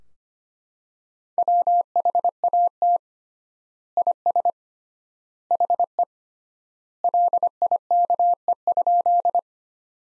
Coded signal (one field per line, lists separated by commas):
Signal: Morse code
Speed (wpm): 25 wpm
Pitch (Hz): 700 Hz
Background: none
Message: WHAT IS HE LIKE?